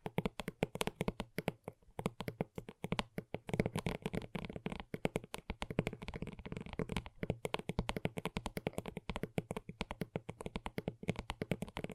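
Gentle tapping by fingers goes on steadily, a quick, dense patter of soft, close taps with slight pauses, as around two and seven seconds. The taps have a woody, mid-low body with crisp edges, in a quiet small room.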